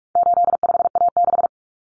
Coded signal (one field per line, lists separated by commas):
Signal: Morse code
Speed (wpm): 44 wpm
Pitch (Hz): 700 Hz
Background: none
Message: 85A6